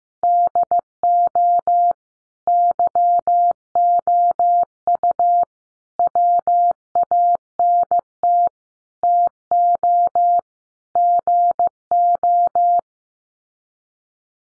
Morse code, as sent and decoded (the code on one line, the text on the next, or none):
-.. --- / -.-- --- ..- / .-- .- -. - / - --- / --. ---
DO YOU WANT TO GO